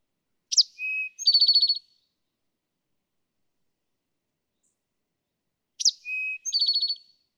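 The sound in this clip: Eastern towhee singing twice: a piercing introductory note, a short lower whistle, and a rapid trilled ending, with long silence between songs.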